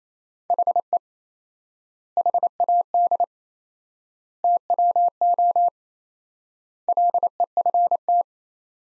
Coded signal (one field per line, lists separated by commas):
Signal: Morse code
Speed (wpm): 27 wpm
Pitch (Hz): 700 Hz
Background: none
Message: HE HAD TWO LEFT